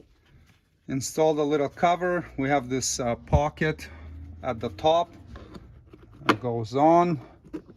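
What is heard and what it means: Someone talks while a small plastic trim cover for a third-row seat of a 2021-2026 Toyota Sienna Hybrid is hooked into its top pocket, ready to be pressed so its bottom clips engage. A few faint handling taps come through between the talking, with one sharper tap around 6.3 s. The clip ends before the cover goes home, and nothing has seated or clicked yet.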